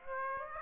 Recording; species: mosquito wingbeat signal from an infrared sensor; Aedes aegypti